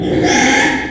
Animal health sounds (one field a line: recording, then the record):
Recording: squeal of a Yucatan mini pig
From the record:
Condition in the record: after surgery on the right vocal fold (resection and tissue-engineered implant)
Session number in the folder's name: 3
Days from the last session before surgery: 33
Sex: male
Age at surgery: 12 weeks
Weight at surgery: 13 kg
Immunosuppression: cyclosporine, prednisolone